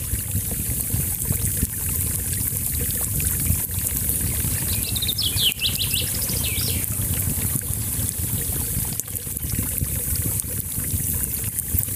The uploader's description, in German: Es ist ein kleines Bächlein, ein Lagerfeuer und viele Vöglein (Buchfinken und Grünspecht konnte ich identifizieren) zu hören.